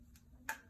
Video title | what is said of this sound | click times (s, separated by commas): How to Set up a Nebulizer on a Tracheostomy Patient | like that snaps right in | 0.5 s